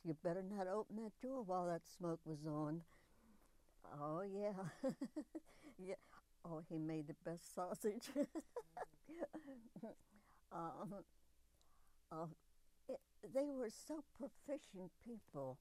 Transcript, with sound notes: You better not open that door while that smoke was on! Oh, yeah! [Laughs] Oh, he made the best sausage! [Laughs] They were so proficient people!